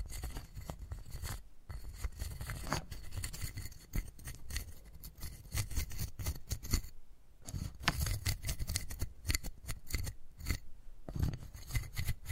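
Wooden ball triggers: a dense, uneven run of crisp clicks, taps and short scrapes, with sharp bright ticks landing every fraction of a second. Rubbing and rasping textures fill the gaps over a soft low rumble, with a few brief near-silent pauses around 1.5 and 7.5 seconds.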